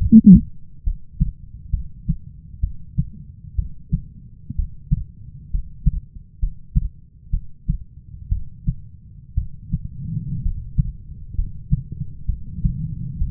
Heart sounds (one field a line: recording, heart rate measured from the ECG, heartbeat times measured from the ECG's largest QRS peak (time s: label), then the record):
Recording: heart sounds by stethoscope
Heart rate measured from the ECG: 63 bpm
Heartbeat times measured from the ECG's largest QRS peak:
0.83 s: heartbeat
1.70 s: heartbeat
2.60 s: heartbeat
3.55 s: heartbeat
4.55 s: heartbeat
5.50 s: heartbeat
6.39 s: heartbeat
7.30 s: heartbeat
8.29 s: heartbeat
9.34 s: heartbeat
10.42 s: heartbeat
11.35 s: heartbeat
12.26 s: heartbeat
13.18 s: heartbeat
From the record:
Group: healthy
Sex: female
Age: 37 years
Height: 168 cm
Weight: 70 kg